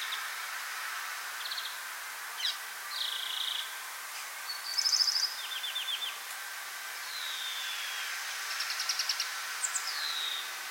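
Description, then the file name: European greenfinch calls: short, rapid trilled bursts and drawn-out, sliding, slightly buzzy notes, spaced irregularly over steady background hiss. Nominate subspecies Chloris chloris chloris. "Groenling - Chloris chloris chloris"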